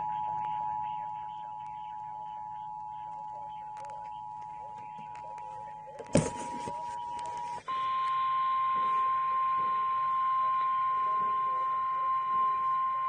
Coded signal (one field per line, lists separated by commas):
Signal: Emergency Alert System (SAME) tones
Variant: 853 and 960 Hz attention tone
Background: speech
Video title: (EAS #1,092 - #1,122) FIREWORKS AND LIGHTNING... HOW LOVELY - EAS Alerts from 7/4/23